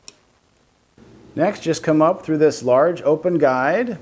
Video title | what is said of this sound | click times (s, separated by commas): Consew 227R-2 Threading | and lift up on the thread red until you hear it click | 0.1 s